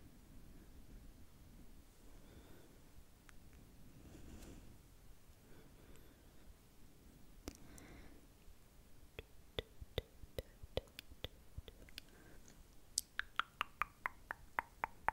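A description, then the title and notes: Hand movements and mouth sounds: soft rustling and low shuffling fill the first half, with a few brief swishes near four and seven seconds. From about nine seconds, sharp clicks and lip smacks arrive in quick, irregular bursts, growing denser and brighter toward the end. ASMR Tingly Hand Movements And Mouth Sounds (tongue clicking, SkSk, trigger words).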